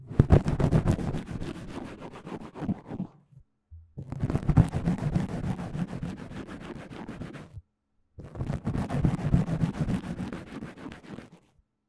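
Close scratching right on the microphone comes in three bursts of quick, dense strokes, each about three seconds long, separated by brief silent pauses. The rubbing is full and low-heavy with a crisp, rustling top, and no voice is heard.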